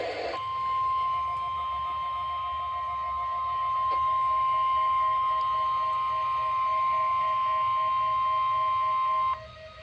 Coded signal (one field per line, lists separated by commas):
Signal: Emergency Alert System (SAME) tones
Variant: 1050 Hz attention tone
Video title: EAS 6840-6921 - My last EAS Comp before Rebrand and 2025